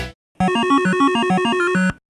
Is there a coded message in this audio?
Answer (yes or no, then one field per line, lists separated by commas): no